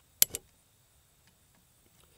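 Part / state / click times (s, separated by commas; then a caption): Torx key in a tight bolt on a rifle / stripped / 0.2 s. While loosening a very tight Torx bolt on a Bear Creek Arsenal AR-15 rifle, a metal Torx key slips in the screw head with a sharp metallic snap at 0.2 s, followed by a softer second snap at 0.4 s. Faint small ticks follow in near silence. The Torx key is stripped.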